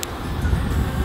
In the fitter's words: ça se clipse